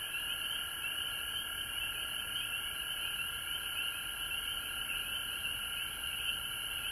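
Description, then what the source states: Frogs calling in a dense, unbroken chorus of high, shrill trills, several pitches layered together and steady throughout, with no pauses or other clear sounds. Recorded at home in Georgia on March 19, 2020.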